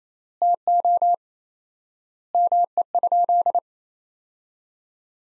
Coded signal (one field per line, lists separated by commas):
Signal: Morse code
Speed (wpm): 28 wpm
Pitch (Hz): 700 Hz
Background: none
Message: TO ME?